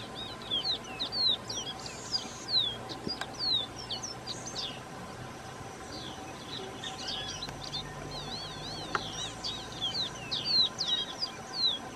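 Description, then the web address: Copper seedeater calling with a lively run of high downslurred whistles and chips, a wavering warble near the middle, and more sharp notes toward the end. "Copper seedeater. صدای-پرنده-دانه-خوار-مسی"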